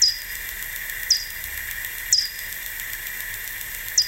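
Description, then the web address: Bat echolocation calls: short, sharp downward-sweeping chirps, four in about four seconds, over a constant high hiss. "fledermaus hoerbeispiele-fledermausrufe fledermausruf"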